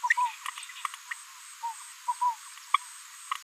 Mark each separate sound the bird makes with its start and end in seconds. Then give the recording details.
0.10-0.13, 0.48-0.50, 1.11-1.13, 2.74-2.77. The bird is a female. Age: 23 days. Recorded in a nest box in Venezuela. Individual 17B73B2